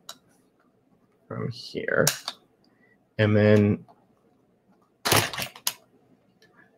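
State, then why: Seated. A small folding instant film camera is unfolded in two stages on its hinge until the body locks in its open position. Someone talks in between, then a sharp click is heard at 5.7 seconds as the body clicks into place.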